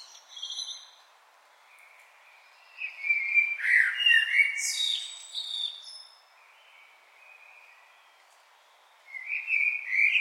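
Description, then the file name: Common blackbird singing a mellow whistled phrase that ends in high squeaky twitters, between quiet pauses, with parts of other phrases at the start and end. "Turdus merula"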